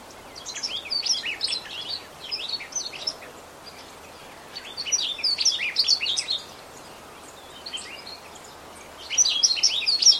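Bird giving high, rapid twittering chirps in several busy bursts separated by quieter pauses, over a soft background hiss.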